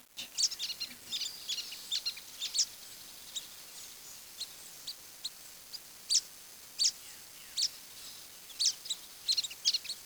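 Birds giving sharp, high chirps in scattered bursts, several short notes clustered together, repeated irregularly throughout over a soft hiss.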